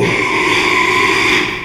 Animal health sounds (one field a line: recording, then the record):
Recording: squeal of a Yucatan mini pig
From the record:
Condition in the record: after surgery on the right vocal fold (resection and tissue-engineered implant)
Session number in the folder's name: 1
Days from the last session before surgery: 6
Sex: male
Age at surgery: 12 weeks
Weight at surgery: 13 kg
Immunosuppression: cyclosporine, prednisolone